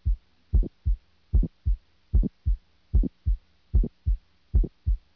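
Steady heart rhythm at about 75 beats a minute, with a sharp, closely doubled sound in each cycle between low, dull heart sounds. This extra sharp sound is a late ejection click, an added systolic sound linked to valve opening.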